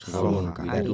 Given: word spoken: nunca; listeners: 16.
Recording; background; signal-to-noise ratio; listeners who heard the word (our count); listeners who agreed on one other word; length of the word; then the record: one Spanish word in noise, from a listening test; four-talker babble; -1.9 dB; 0 of 16; 6 of 16; 0.54 s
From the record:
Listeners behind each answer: 6, 1, 1, 1, 1, 1, 1, 1, 1, 1, 1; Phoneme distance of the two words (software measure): 52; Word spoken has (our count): 2 syllables, 5 phonemes, stress on syllable 1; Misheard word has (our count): 2 syllables, 5 phonemes, stress on syllable 2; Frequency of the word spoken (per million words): 438.77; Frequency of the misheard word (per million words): 7.89